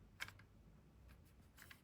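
A plastic shell-shaped Polly Pocket Keepsake Collection Mermaid Dreams toy compact is opened, and its hinge's click mechanism produces small, sharp plastic clicks at 0.2 s and 1.7 s, with fainter ticks in between. The lid clicks into its 90-degree detent and holds there.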